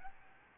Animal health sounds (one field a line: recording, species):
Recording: mosquito wingbeat signal from an infrared sensor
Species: Aedes albopictus